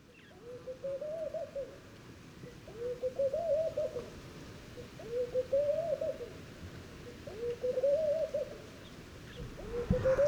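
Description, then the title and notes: Laughing dove cooing: soft, bubbly rising-and-falling phrases repeated about every two and a half seconds over a low rumbling background. Males cooing and displaying at dawn at a desert oasis pool, Guelta de Elghedyia, Mauritania, 4 March 2019; recorded on a MixPre-3 recorder. "04 mars 2019-Guelta de Elghedyia - Mauritanie. le murmure des Tourterelles maillées (Streptopelia senegalensis). Au lever du jour, les mâles roucoulent et paradent"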